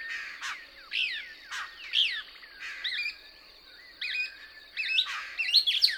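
Couch's Kingbird giving excited, twittering song phrases of rising and falling squeaky notes, some doubled, over a steady high-pitched background whine.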